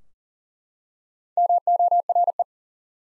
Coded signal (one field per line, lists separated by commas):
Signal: Morse code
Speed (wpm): 40 wpm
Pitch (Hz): 700 Hz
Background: none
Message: MORE